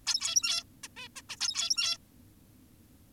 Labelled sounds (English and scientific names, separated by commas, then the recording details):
Zebra Finch (Taeniopygia guttata)
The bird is an adult
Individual g17y2U